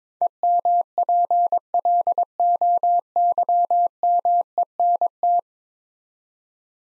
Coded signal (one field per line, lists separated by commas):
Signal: Morse code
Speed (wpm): 23 wpm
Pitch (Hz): 700 Hz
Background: none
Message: EMPLOYMENT